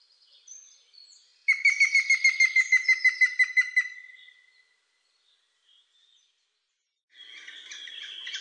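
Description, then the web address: Grey-headed woodpecker call, a series of clear whistled notes, fading toward the end, followed by a burst of noise. "birdsounds dzieciolzielonosiwy"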